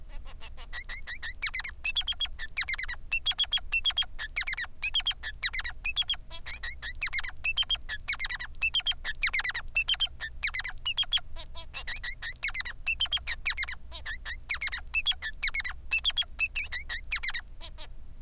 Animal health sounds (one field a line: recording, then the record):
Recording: song of a male Bengalese finch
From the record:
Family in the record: son of father 3